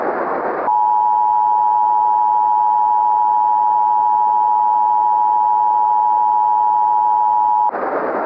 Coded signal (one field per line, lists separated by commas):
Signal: Emergency Alert System (SAME) tones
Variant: 853 and 960 Hz attention tone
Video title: [EAS SCENARIO] AROMA